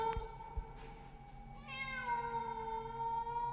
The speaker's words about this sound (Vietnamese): thì hắn nhìn thấy vật mềm mềm ấy mở đôi mắt xanh lè lè, rít lên một tiếng meo, làm cho hắn rợn cả người.